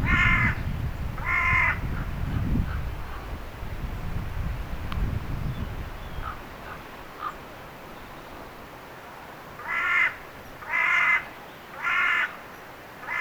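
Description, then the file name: Carrion crow cawing: two rasping calls at the start over low rumble, then after a quiet gap a run of several evenly spaced harsh caws. "Corvus corone"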